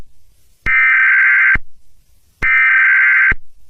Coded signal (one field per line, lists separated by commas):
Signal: Emergency Alert System (SAME) tones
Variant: header bursts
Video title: Russian invasion of usa (fall of America)eas scenario